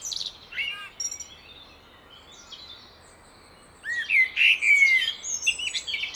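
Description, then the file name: Common blackbird: a short early phrase, a lull of soft twitters, then a strong fluted whistled phrase ending in high scratchy notes. "Turdus merula"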